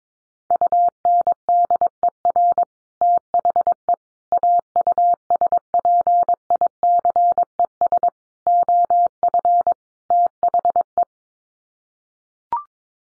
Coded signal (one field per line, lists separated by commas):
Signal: Morse code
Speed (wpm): 22 wpm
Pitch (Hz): 700 Hz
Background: none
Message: UNDER THE AUSPICES OF THE